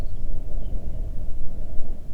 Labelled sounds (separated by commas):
wind